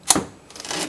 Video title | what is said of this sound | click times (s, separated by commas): How to change the headlight on a 2010 Kia Rondo | right down here and you'll hear it snap in | 0.1 s